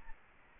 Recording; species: mosquito wingbeat signal from an infrared sensor; Aedes albopictus